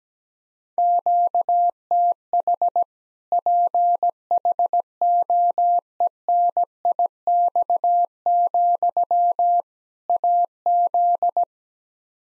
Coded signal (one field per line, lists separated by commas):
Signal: Morse code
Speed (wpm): 17 wpm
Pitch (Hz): 700 Hz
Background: none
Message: QTH PHOENIX, AZ